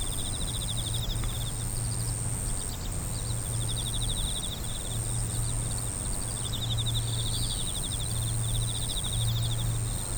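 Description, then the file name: Insect song: a sustained shrill tone runs throughout while trains of fast pulses come and go in bursts, above low background noise. "singing of insect"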